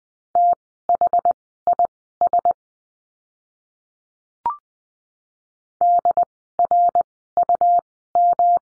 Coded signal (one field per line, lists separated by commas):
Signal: Morse code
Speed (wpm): 20 wpm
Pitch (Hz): 700 Hz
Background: none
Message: THIS DRUM